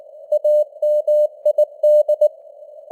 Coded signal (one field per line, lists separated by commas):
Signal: Morse code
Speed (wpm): 19 wpm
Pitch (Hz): 600 Hz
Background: none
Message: AMID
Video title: Morse Code News | 2025-11-14 | 19wpm